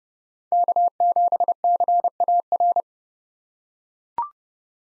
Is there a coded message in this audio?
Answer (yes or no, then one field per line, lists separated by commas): yes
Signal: Morse code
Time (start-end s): 0.5-2.8 s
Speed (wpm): 32 wpm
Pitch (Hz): 700 Hz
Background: none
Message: K7CAR